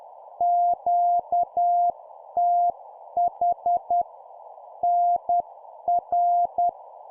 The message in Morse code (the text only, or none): QTH NR